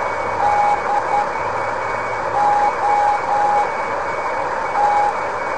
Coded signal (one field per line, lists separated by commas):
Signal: Morse code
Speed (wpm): 10 wpm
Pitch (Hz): 810 Hz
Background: none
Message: DOT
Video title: Amateur Radio Beacon JAM 187khz LowFer 1750 meters Longwave